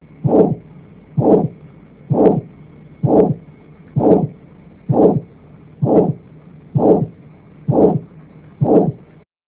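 Adult heart heard through a stethoscope: regular heartbeat near 65 per minute, each beat carrying a drawn-out whooshing murmur.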